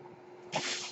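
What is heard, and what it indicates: Home mechanical ventilator: a steady hum with a constant tone, then a sudden broadband hissing rush of airflow.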